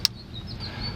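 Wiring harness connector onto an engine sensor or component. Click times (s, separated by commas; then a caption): 0.0 s. During reassembly after a spark plug change on a Dodge Caravan 3.3L V6, a wiring harness connector is slid onto an engine sensor or component until it snaps into place, and its red locking clip is then pushed in. One loud, sharp snap lands at 0.1 s over a low background rumble, with a faint tick near 0.4 s. The connector is seated.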